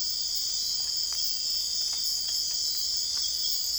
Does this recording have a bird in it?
no